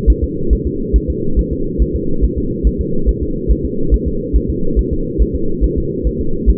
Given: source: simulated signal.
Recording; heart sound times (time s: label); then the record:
fetal heart sounds
0.10 s: S1
0.24 s: S2
0.53 s: S1
0.67 s: S2
0.96 s: S1
1.10 s: S2
1.39 s: S1
1.53 s: S2
1.82 s: S1
1.96 s: S2
2.24 s: S1
2.38 s: S2
2.67 s: S1
2.81 s: S2
3.09 s: S1
3.23 s: S2
3.51 s: S1
3.65 s: S2
3.94 s: S1
4.08 s: S2
4.36 s: S1
4.50 s: S2
4.79 s: S1
4.93 s: S2
5.22 s: S1
5.36 s: S2
5.64 s: S1
5.78 s: S2
6.07 s: S1
6.21 s: S2
6.50 s: S1
From the record:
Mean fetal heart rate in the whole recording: 140 bpm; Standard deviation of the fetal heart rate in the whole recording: 2 bpm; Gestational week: 34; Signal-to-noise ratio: -8.1 dB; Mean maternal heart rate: 72 bpm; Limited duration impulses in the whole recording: absent